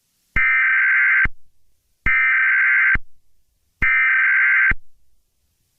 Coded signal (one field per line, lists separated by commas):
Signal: Emergency Alert System (SAME) tones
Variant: header bursts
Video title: EAS Recreation (4/25/25): New Hampshire Practice Demo